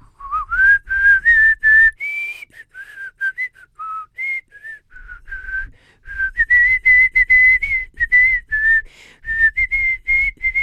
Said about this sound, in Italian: Viene proprio voglia di fischiare la Marsigliese.